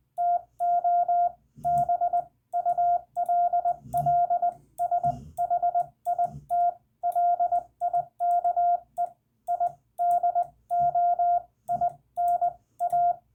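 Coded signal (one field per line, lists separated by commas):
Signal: Morse code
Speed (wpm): 20 wpm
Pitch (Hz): 700 Hz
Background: radio noise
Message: TO B ULLSHIT LIKE I DO IN A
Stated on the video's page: CW lesson on using the hyphen in ragchew, with hand keying and a CW ragchew.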